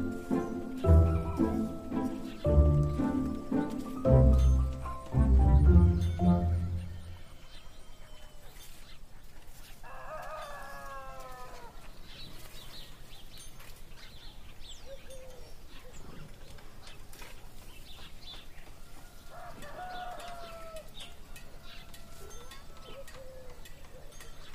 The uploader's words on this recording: Peaceful fantasy town in the morning.